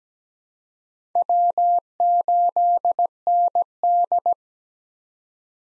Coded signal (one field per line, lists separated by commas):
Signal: Morse code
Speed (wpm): 17 wpm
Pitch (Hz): 700 Hz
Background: none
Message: W8ND